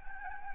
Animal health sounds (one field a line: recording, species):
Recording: mosquito wingbeat signal from an infrared sensor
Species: Anopheles gambiae